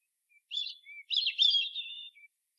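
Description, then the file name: European robin song: a faint thin note, a short whistle, then a rich tumbling warble ending in a soft thin note; quiet surroundings. "Erithacus rubecula"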